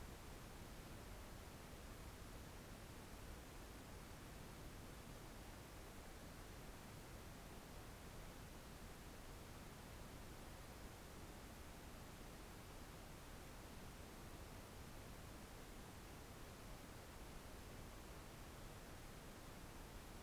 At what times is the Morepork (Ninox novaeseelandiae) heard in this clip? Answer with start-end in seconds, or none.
none